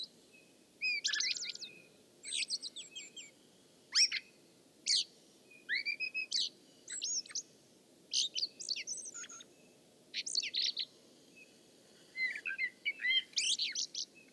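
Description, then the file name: Common blackbird repeating high, strained twittering phrases with whistled slurs in separated bursts over steady background hiss. "Turdus merula"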